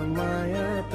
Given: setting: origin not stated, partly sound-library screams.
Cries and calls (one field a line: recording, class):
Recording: one-second piece from a danger detection set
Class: normal situation